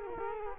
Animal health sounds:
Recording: mosquito wingbeat signal from an infrared sensor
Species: Culex quinquefasciatus

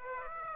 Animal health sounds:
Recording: mosquito wingbeat signal from an infrared sensor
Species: Aedes aegypti

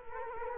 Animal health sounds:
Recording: mosquito wingbeat signal from an infrared sensor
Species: Culex quinquefasciatus

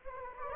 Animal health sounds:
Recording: mosquito wingbeat signal from an infrared sensor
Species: Anopheles arabiensis

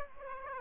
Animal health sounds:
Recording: mosquito wingbeat signal from an infrared sensor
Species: Aedes aegypti

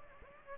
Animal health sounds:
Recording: mosquito wingbeat signal from an infrared sensor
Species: Aedes aegypti

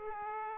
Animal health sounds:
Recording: mosquito wingbeat signal from an infrared sensor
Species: Aedes aegypti

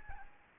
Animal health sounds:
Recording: mosquito wingbeat signal from an infrared sensor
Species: Aedes albopictus

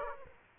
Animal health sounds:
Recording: mosquito wingbeat signal from an infrared sensor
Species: Aedes aegypti

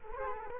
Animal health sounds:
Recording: mosquito wingbeat signal from an infrared sensor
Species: Culex quinquefasciatus

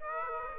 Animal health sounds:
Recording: mosquito wingbeat signal from an infrared sensor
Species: Aedes aegypti

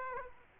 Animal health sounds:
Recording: mosquito wingbeat signal from an infrared sensor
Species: Aedes aegypti

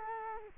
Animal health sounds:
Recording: mosquito wingbeat signal from an infrared sensor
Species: Culex quinquefasciatus

